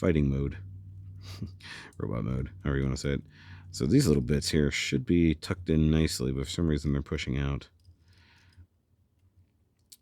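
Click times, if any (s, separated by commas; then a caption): none. Someone talks while converting a Newage Toys H49 Hammond (G1 Wheeljack) transforming robot toy into robot mode, pushing a plastic panel into the robot body; pushing it in too far pushes the other bits out. After the talking stops around 7.6 s there are faint handling ticks near 7.9 s and 8.5 s and a sharper tick at 9.9 s. Nothing has seated or clicked yet: the panel does not latch into place and just sits there.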